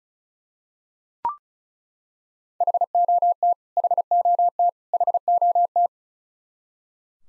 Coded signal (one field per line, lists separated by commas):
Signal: Morse code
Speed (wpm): 36 wpm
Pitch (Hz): 700 Hz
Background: none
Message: HOT HOT HOT